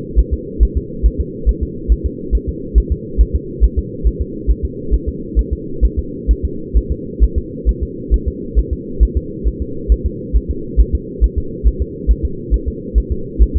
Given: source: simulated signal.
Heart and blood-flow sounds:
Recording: fetal heart sounds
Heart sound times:
0.19 s: S1
0.33 s: S2
0.63 s: S1
0.77 s: S2
1.06 s: S1
1.20 s: S2
1.49 s: S1
1.63 s: S2
1.92 s: S1
2.06 s: S2
2.35 s: S1
2.49 s: S2
2.78 s: S1
2.92 s: S2
3.21 s: S1
3.35 s: S2
3.64 s: S1
3.79 s: S2
4.07 s: S1
4.21 s: S2
4.50 s: S1
4.65 s: S2
4.94 s: S1
5.08 s: S2
5.39 s: S1
5.53 s: S2
5.85 s: S1
5.99 s: S2
6.31 s: S1
6.45 s: S2
6.77 s: S1
6.91 s: S2
7.23 s: S1
7.38 s: S2
7.69 s: S1
7.83 s: S2
8.14 s: S1
8.28 s: S2
8.59 s: S1
8.73 s: S2
9.03 s: S1
9.17 s: S2
9.48 s: S1
9.62 s: S2
9.92 s: S1
10.06 s: S2
10.36 s: S1
10.51 s: S2
10.80 s: S1
10.95 s: S2
11.24 s: S1
11.38 s: S2
11.67 s: S1
11.82 s: S2
12.11 s: S1
12.25 s: S2
12.54 s: S1
12.68 s: S2
12.98 s: S1
13.12 s: S2
13.42 s: S1
13.57 s: S2
From the record:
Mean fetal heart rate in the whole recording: 135 bpm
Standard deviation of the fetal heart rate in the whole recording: 3 bpm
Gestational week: 34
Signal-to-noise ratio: -4.3 dB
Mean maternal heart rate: 72 bpm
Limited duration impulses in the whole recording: absent

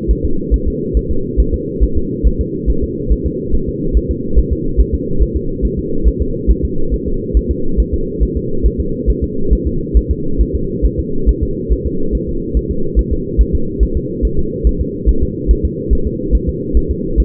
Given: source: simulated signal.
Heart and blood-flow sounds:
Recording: fetal heart sounds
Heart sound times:
0.11 s: S1
0.25 s: S2
0.54 s: S1
0.68 s: S2
0.97 s: S1
1.11 s: S2
1.40 s: S1
1.54 s: S2
1.83 s: S1
1.97 s: S2
2.27 s: S1
2.41 s: S2
2.70 s: S1
2.84 s: S2
3.12 s: S1
3.26 s: S2
3.55 s: S1
3.69 s: S2
3.97 s: S1
4.11 s: S2
4.39 s: S1
4.53 s: S2
4.80 s: S1
4.94 s: S2
5.22 s: S1
5.36 s: S2
5.65 s: S1
5.79 s: S2
6.08 s: S1
6.21 s: S2
6.51 s: S1
6.64 s: S2
6.94 s: S1
7.08 s: S2
7.37 s: S1
7.51 s: S2
7.80 s: S1
7.94 s: S2
8.23 s: S1
8.37 s: S2
8.66 s: S1
8.80 s: S2
9.10 s: S1
9.24 s: S2
9.53 s: S1
9.67 s: S2
9.97 s: S1
10.11 s: S2
10.41 s: S1
10.55 s: S2
10.86 s: S1
10.99 s: S2
11.29 s: S1
11.43 s: S2
11.72 s: S1
11.86 s: S2
12.15 s: S1
12.29 s: S2
12.57 s: S1
12.71 s: S2
12.99 s: S1
13.13 s: S2
13.41 s: S1
13.55 s: S2
13.83 s: S1
13.97 s: S2
14.25 s: S1
14.39 s: S2
14.67 s: S1
14.81 s: S2
15.09 s: S1
15.23 s: S2
15.51 s: S1
15.65 s: S2
15.93 s: S1
16.07 s: S2
16.35 s: S1
16.49 s: S2
16.77 s: S1
16.91 s: S2
17.20 s: S1
From the record:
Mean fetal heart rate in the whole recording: 140 bpm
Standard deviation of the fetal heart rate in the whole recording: 2 bpm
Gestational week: 34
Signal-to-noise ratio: -8.1 dB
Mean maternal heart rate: 72 bpm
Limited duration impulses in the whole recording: present

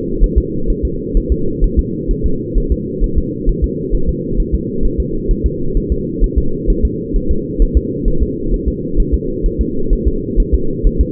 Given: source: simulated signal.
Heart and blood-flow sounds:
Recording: fetal heart sounds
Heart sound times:
0.24 s: S1
0.38 s: S2
0.70 s: S1
0.85 s: S2
1.17 s: S1
1.32 s: S2
1.64 s: S1
1.79 s: S2
2.11 s: S1
2.26 s: S2
2.58 s: S1
2.72 s: S2
3.04 s: S1
3.18 s: S2
3.49 s: S1
3.64 s: S2
3.95 s: S1
4.09 s: S2
4.40 s: S1
4.54 s: S2
4.85 s: S1
5.00 s: S2
5.31 s: S1
5.46 s: S2
5.77 s: S1
5.92 s: S2
6.24 s: S1
6.38 s: S2
6.70 s: S1
6.85 s: S2
7.16 s: S1
7.31 s: S2
7.62 s: S1
7.77 s: S2
8.08 s: S1
8.23 s: S2
8.54 s: S1
8.68 s: S2
9.00 s: S1
9.14 s: S2
9.46 s: S1
9.61 s: S2
9.93 s: S1
10.07 s: S2
10.40 s: S1
10.54 s: S2
10.87 s: S1
11.01 s: S2
From the record:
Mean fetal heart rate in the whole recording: 130 bpm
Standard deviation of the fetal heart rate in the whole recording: 2 bpm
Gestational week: 38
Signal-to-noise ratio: -8.1 dB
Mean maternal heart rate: 72 bpm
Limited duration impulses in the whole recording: absent

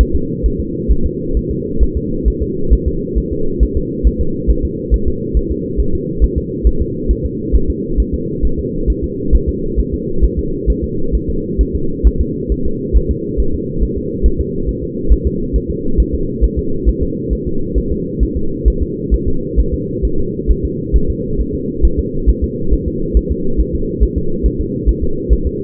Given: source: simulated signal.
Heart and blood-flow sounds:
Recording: fetal heart sounds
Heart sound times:
0.01 s: S1
0.15 s: S2
0.46 s: S1
0.60 s: S2
0.91 s: S1
1.06 s: S2
1.37 s: S1
1.51 s: S2
1.83 s: S1
1.97 s: S2
2.28 s: S1
2.42 s: S2
2.73 s: S1
2.88 s: S2
3.18 s: S1
3.33 s: S2
3.63 s: S1
3.77 s: S2
4.07 s: S1
4.21 s: S2
4.50 s: S1
4.65 s: S2
4.94 s: S1
5.08 s: S2
5.37 s: S1
5.51 s: S2
5.80 s: S1
5.95 s: S2
6.24 s: S1
6.38 s: S2
6.67 s: S1
6.82 s: S2
7.11 s: S1
7.25 s: S2
7.55 s: S1
7.70 s: S2
8.00 s: S1
8.14 s: S2
8.45 s: S1
8.59 s: S2
8.90 s: S1
9.04 s: S2
9.35 s: S1
9.49 s: S2
9.80 s: S1
9.94 s: S2
10.24 s: S1
10.39 s: S2
10.70 s: S1
10.84 s: S2
11.15 s: S1
11.30 s: S2
11.61 s: S1
11.75 s: S2
12.07 s: S1
12.21 s: S2
12.52 s: S1
12.66 s: S2
12.97 s: S1
13.11 s: S2
13.40 s: S1
13.55 s: S2
13.83 s: S1
13.98 s: S2
14.26 s: S1
14.41 s: S2
14.69 s: S1
14.83 s: S2
15.12 s: S1
15.27 s: S2
15.56 s: S1
15.71 s: S2
16.00 s: S1
16.14 s: S2
16.44 s: S1
16.59 s: S2
16.89 s: S1
17.03 s: S2
17.33 s: S1
17.47 s: S2
17.78 s: S1
17.92 s: S2
18.23 s: S1
18.37 s: S2
18.68 s: S1
18.82 s: S2
19.14 s: S1
19.28 s: S2
19.59 s: S1
19.74 s: S2
20.05 s: S1
20.20 s: S2
20.51 s: S1
20.65 s: S2
20.96 s: S1
21.10 s: S2
21.41 s: S1
21.55 s: S2
21.85 s: S1
21.99 s: S2
22.29 s: S1
22.44 s: S2
22.73 s: S1
22.88 s: S2
23.17 s: S1
23.31 s: S2
23.60 s: S1
23.75 s: S2
24.03 s: S1
24.18 s: S2
24.46 s: S1
24.61 s: S2
24.89 s: S1
25.04 s: S2
25.33 s: S1
25.47 s: S2
From the record:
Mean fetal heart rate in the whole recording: 135 bpm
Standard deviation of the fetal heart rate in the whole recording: 3 bpm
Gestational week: 34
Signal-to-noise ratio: -8.1 dB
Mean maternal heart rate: 72 bpm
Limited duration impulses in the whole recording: absent

